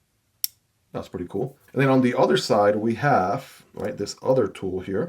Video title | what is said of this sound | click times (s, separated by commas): The Multitool That Could Replace All Your Others! (NexTool Credit Card Multitool) | It is non-locking, and you don't have to press any buttons. Also snaps in place. | 0.4 s